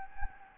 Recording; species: mosquito wingbeat signal from an infrared sensor; Anopheles gambiae